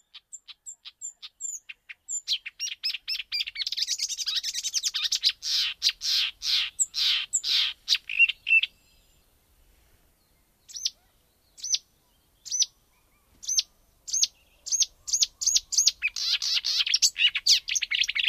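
A luhtakerttunen sings a fast, varied song of sharp chips, whistles and dense scratchy chatter, with a busy, buzzing stretch in the middle. After a brief pause near ten seconds, clear repeated notes return and build again into quick chatter, with quiet background.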